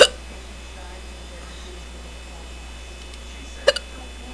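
Two sharp, abrupt hiccups about 3.7 seconds apart, each a short gulping catch, over quiet room hiss, in an adult with bad, hard hiccups that have lasted about an hour, stopped for about 5 minutes and then started again.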